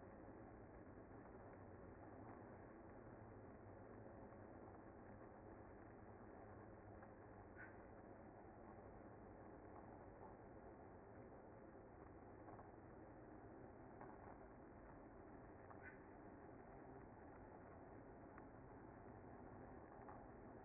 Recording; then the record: honeybee colony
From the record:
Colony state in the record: active